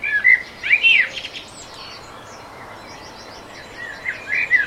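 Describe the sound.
Dawn chorus of birds: sharp rising and falling whistles come in bursts at the start and end, with softer twittering between them.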